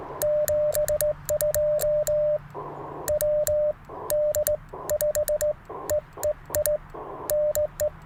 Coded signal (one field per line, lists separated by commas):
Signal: Morse code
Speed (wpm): 17 wpm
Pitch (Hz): 600 Hz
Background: none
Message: 72 WD5EEI NE